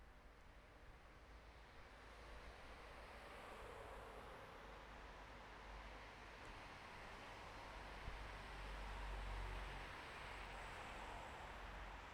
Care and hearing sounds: everyday scene through a hearing-aid microphone; in traffic; traffic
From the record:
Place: bus stop on a city main road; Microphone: behind the ear, right, rear

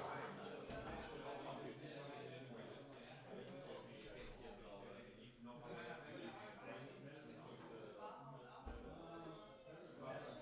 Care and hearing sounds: everyday scene through a hearing-aid microphone; many people talking; many voices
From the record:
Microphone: in the ear canal, left

